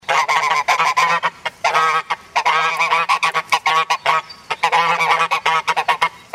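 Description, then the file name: Goose: several geese honking almost without pause, harsh nasal calls overlapping in a dense, jostling chorus. "Gaense"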